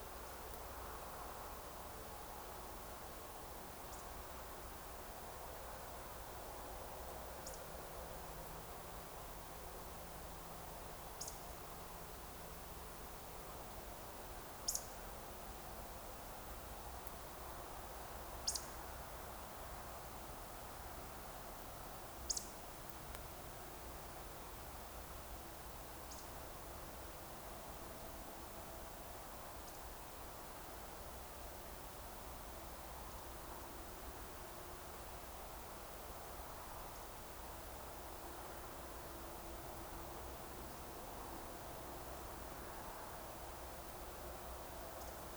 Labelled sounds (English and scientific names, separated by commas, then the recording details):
Eurasian Woodcock (Scolopax rusticola) whistle
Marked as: whistle, whistle, whistle, whistle, whistle, whistle, whistle, whistle, whistle, whistle, whistle, whistle, whistle
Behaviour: display flight
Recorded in Baden-Württemberg, Germany, on 29 June 2020 at 02:34 UTC
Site 43791, 788 m above sea level